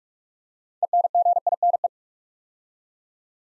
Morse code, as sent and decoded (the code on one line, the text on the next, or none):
. -. --. .. -. .
ENGINE